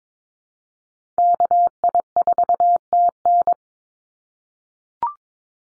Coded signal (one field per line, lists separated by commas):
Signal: Morse code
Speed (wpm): 22 wpm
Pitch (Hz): 700 Hz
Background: none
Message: KI4TN